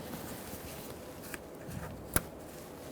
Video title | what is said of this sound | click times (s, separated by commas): How to Replace Intake Manifold 2000-2007 Ford Taurus 3.0L V6 | It should just click into place. | 2.2 s